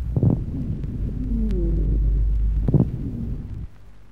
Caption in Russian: На вдохе определяются влажные звонкие хрипы, а на выдохе – сухие хрипы.